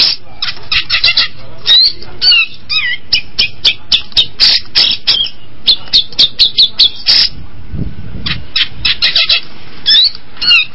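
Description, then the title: Long-tailed shrike giving fast clipped notes mixed with twisting whistled phrases and harsh rasps, with a brief low thump midway. Combination song. "Cendet Kombinasi"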